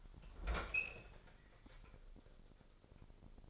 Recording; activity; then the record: daily activity, microphone in the room; open fridge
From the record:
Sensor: 5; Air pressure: 995.4 hPa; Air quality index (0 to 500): 95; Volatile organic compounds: 5 ppm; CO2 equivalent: 1804 ppm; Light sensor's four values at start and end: 34/82/33/34 and 37/90/36/37